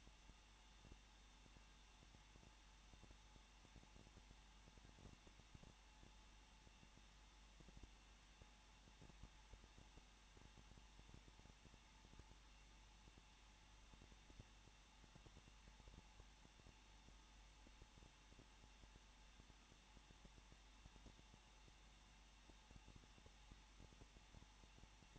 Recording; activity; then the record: daily activity, microphone in the room; no activity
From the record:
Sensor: 1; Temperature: 20.1 degrees Celsius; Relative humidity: 39.4%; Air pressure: 1006.4 hPa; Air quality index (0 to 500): 219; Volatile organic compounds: 81 ppm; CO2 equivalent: 3611 ppm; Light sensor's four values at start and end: 1/2/1/1 and 1/2/1/1